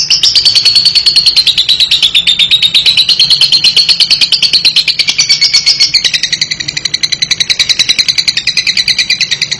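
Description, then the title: Lovebird chattering in a fast, continuous ticking trill, high and slightly wavering, shifting to a choppier rattle after about six seconds. Training audio for juvenile and young lovebirds. "MASTERAN KHUSUS UNTUK LOVEBIRD PAUD DAN MUDA"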